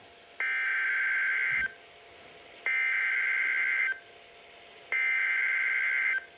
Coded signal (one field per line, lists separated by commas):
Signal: Emergency Alert System (SAME) tones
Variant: header bursts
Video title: December 15th Derecho: Severe Thunderstorm Warning [EAS #49]